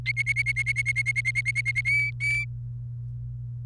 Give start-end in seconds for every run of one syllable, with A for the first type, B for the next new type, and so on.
0.06-1.81 A, 1.85-2.45 B